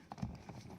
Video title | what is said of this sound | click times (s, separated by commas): Honda civic si front speaker replacement | hear that click there that tells me that I'm secure | 0.1 s